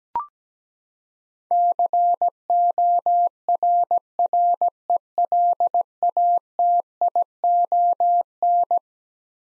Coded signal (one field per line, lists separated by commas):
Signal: Morse code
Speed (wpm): 17 wpm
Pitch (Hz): 700 Hz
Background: none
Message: CORRELATION